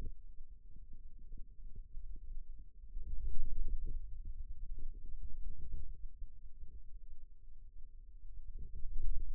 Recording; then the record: forearm muscle sounds (acoustic myography)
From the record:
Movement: ulnar deviation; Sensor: system 2, bracelet of six BSWA MPA416 microphones around the upper forearm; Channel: 2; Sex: male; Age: 22 years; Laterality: right